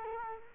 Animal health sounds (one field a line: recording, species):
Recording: mosquito wingbeat signal from an infrared sensor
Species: Culex quinquefasciatus